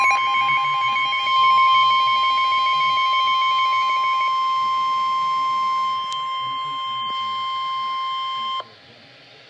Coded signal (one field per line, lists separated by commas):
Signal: Emergency Alert System (SAME) tones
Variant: 1050 Hz attention tone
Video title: Special Marine Warning (EAS#46)